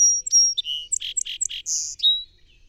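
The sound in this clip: Song sparrow song: a few high thin whistles, then a run of three loud buzzy bursts, a sharp note and a falling whistle.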